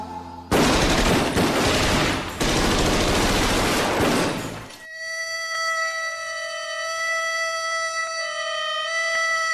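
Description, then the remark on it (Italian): A dense, loud volley of rapid gunfire rattles for about four seconds, then cuts off abruptly, leaving a sustained, high, ringing tone with layered harmonics that holds steadily to the end. “La noia da scacciare e qualche sparo in sottofondo.”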